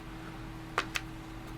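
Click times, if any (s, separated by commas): 0.8 s, 1.0 s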